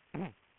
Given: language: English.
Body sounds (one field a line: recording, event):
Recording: throat vibration sensor signal played as sound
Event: throat clearing